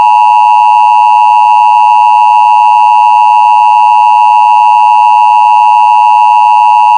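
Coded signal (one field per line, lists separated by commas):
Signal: Emergency Alert System (SAME) tones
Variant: 853 and 960 Hz attention tone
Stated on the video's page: Fake Emergency Alert System scenario made for fun, simulated.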